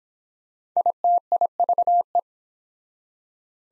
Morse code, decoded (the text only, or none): ITIVE